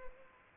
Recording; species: mosquito wingbeat signal from an infrared sensor; Culex pipiens